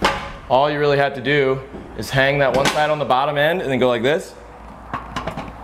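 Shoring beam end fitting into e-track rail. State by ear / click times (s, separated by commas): seated / 5.2 s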